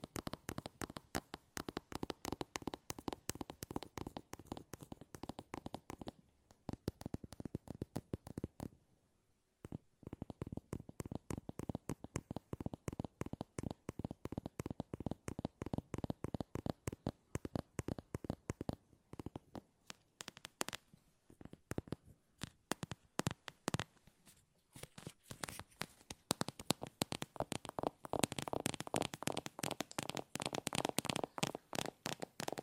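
Fast tapping with no talking, a dense run of sharp clicks and knocks that comes in bursts. A short pause falls near the nine-second mark and the rhythm loosens around twenty seconds, then the quick tapping returns, slightly brighter and fuller toward the end.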